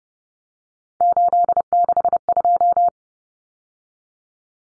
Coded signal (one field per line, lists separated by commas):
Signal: Morse code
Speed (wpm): 30 wpm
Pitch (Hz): 700 Hz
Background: none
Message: 862